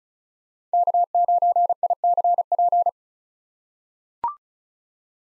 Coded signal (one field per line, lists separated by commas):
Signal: Morse code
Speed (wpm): 34 wpm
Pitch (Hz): 700 Hz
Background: none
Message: K9ICP